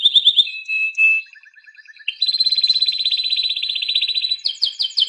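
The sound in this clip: Canary song with quick chirps, a steady whistled trill, then a long pulsing roll and closing bright repeated notes.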